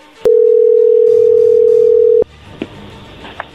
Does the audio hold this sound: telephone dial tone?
yes